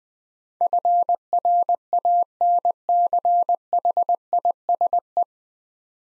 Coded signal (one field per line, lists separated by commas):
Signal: Morse code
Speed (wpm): 21 wpm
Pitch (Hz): 700 Hz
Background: none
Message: FRANCHISE